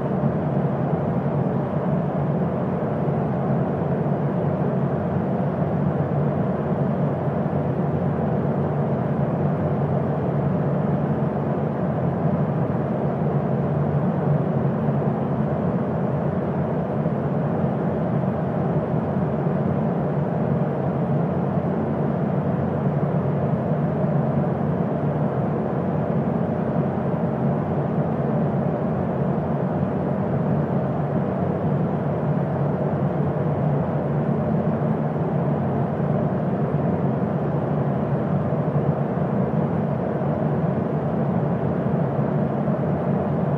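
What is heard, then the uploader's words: A fan runs steadily throughout, a dense, even whir with no pauses or changes in speed. The sound sits low to mid, with a firm hum underneath and a soft airy hiss above, unchanging from start to finish. Fan Sounds.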